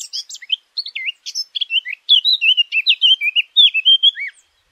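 Eurasian blackcap song opening with a scratchy, chattering twitter, then a louder run of clear, flutey warbled notes lasting about two seconds.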